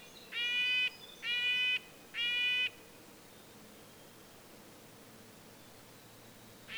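Red-breasted nuthatch producing three nasal tin-horn calls in quick succession, then quiet before a fourth note begins at the end.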